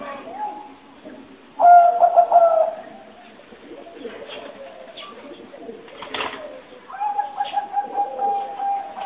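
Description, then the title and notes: Spotted dove giving two soft cooing phrases of mellow, low notes, separated by several seconds of quieter background rustling and faint clicks. Spotted dove calls used as a lure for trapping. "Pikat Burung Tekukur. Kumpulan suara burung tekukur"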